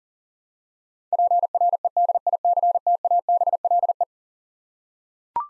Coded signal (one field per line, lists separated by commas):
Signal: Morse code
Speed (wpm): 40 wpm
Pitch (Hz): 700 Hz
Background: none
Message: PREDICTABLE